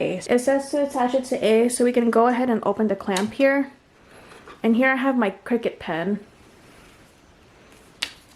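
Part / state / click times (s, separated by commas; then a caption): pen into cutting machine accessory clamp / seated / 8.0 s. Someone talks as the accessory clamp A of a Cricut cutting machine is opened and a plastic Cricut craft pen is pushed down into it. After a quieter stretch, one sharp click at 8.0 s marks the pen seating in the clamp.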